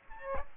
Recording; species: mosquito wingbeat signal from an infrared sensor; Aedes aegypti